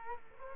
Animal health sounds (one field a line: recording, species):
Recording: mosquito wingbeat signal from an infrared sensor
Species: Culex quinquefasciatus